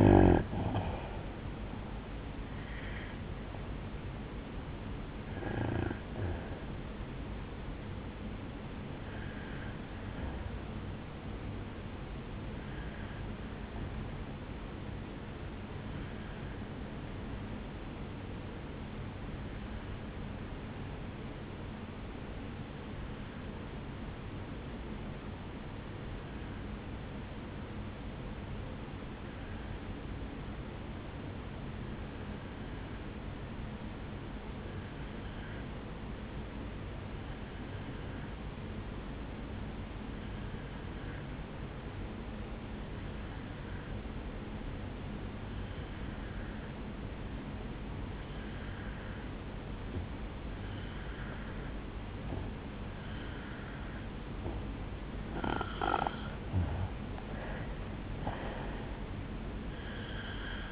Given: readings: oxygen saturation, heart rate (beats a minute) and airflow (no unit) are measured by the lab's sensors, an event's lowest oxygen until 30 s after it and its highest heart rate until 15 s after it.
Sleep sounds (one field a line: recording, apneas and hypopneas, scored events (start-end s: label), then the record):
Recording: breathing in sleep by a voice recorder at the bedside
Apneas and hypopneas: 1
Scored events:
19.00-54.40 s: obstructive apnea (N2, oxygen 98% highest, then 85% lowest, heart rate 58 at the start, 75 highest)
53.00-60.72 s: new sleep stage, N1 (lightest sleep)
From the record:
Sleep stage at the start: N2 (light sleep)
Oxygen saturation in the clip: 80 to 98%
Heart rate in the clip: 53 to 76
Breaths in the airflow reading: 4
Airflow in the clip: -10.1 to 8.2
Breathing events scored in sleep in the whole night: 449 in 7.0 hours asleep